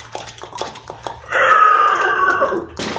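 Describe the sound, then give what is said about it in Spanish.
A horse in the distance lets out a long, high, quavering neigh that lasts over a second, preceded by a few soft, uneven knocks. No one speaks. “De lo lejos se siente un caballo.”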